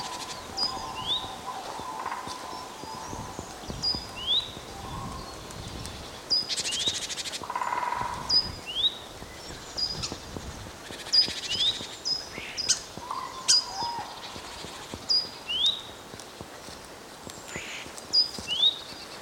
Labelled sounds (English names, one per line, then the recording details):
Black Woodpecker
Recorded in the wild
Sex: male
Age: adult
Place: Bernau bei Berlin, Barnim, Brandenburg, DE
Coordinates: 52.6598, 13.6494
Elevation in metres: 88
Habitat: deciduous forest
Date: 2021-02-21 08:21
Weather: clear, 1-3°C, weak wind
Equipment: Olympus LS3, Olympus ME31
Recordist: Frommolt, Karl-Heinz